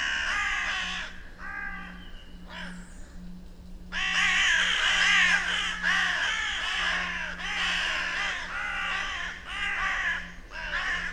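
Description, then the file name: Carrion Crow cawing, a few short caws, then a long spell of loud raucous caws with brief gaps, above a steady hum. "Corvus corone"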